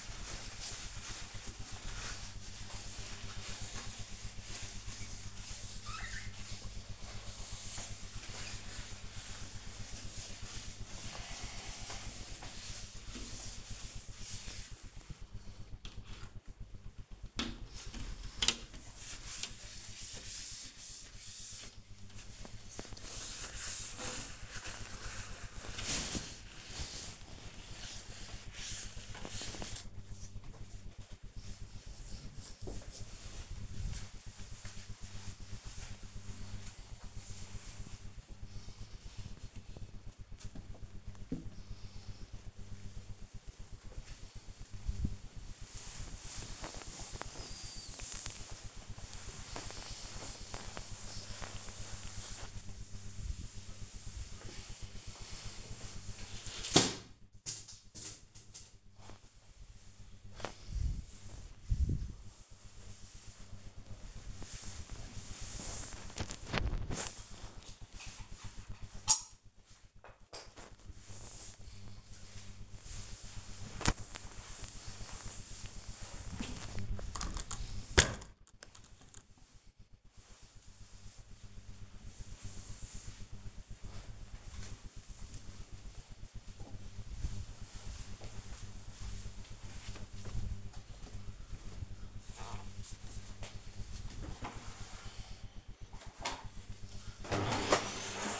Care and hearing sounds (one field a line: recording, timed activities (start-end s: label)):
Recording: household activities, microphone on the right wrist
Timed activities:
0.00-29.60 s: window cleaning
43.69-83.91 s: cleaning table
95.97-98.40 s: vacuum cleaning